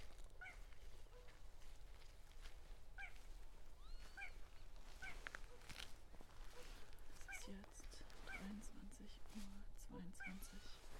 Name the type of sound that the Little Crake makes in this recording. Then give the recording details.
song. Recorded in the wild. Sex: male. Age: adult. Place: Gartz (Oder), Nationalpark Unteres Odertal, Brandenburg, DE. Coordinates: 53.1148, 14.3622. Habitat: wetland. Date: 2016-04-22 22:55. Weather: 5°C, 80% humidity, almost windless. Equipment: Edirol R44, Microtech Gefell MK 250/MV220. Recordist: Freitag, Annika and Frommolt, Karl-Heinz